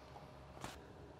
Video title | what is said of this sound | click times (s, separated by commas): FarmTRX QuickConnect Optical Sensor & Moisture Sensor Installation | and twist into place uh you'll know it's in when you feel a click | 0.6 s